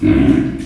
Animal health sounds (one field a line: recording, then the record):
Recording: squeal of a Yucatan mini pig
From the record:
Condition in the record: after surgery on the right vocal fold (resection and tissue-engineered implant)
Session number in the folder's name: 1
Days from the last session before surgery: 13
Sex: female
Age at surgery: 19 weeks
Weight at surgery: 25 kg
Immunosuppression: prednisolone